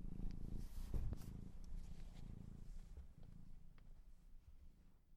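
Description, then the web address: Domestic cat purring, a low steady rumbling throb that pulses continuously, with a few faint clicks and rustles, and the sound fading slightly toward the end. Kittens, more than one, purring. "sleepandrelaxasmr. The Purring Kittens"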